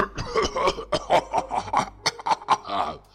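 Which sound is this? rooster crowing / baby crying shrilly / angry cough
angry cough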